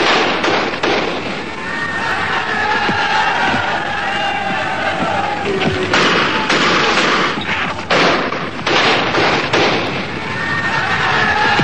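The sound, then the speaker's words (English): Sharp bursts of gunfire in Ireland, as fighting between Catholics and Protestants flares up, crack out at irregular intervals over a loud, continuous roar of shouting crowds, the shots punching through the din every couple of seconds. “Meanwhile on Earth, in Ireland, gunfire as the old fight between Catholic and Protestant flared up again.”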